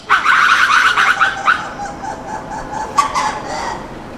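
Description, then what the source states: Lemurs calling, a loud burst of overlapping harsh calls for about a second and a half, then quieter scattered calls. Captive lemurs, including black-and-white ruffed and ring-tailed lemurs among seven types, calling to one another after release into their zoo enclosure at opening time, 10 a.m.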